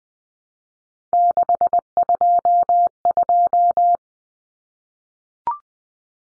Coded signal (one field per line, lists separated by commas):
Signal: Morse code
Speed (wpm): 20 wpm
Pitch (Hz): 700 Hz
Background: none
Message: 622